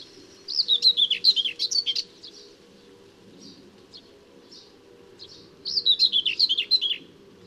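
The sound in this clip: Common whitethroat song, two short scratchy warbled phrases about four seconds apart, each a quick jumble of high chattering notes, with quiet chips between them.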